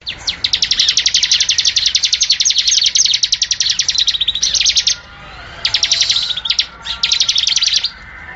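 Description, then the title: Bar-winged Prinia delivering a long rapid rattle of high, metallic chips, followed by shorter bursts with gaps between them. "ciblek"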